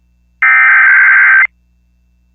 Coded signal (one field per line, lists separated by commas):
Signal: Emergency Alert System (SAME) tones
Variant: header bursts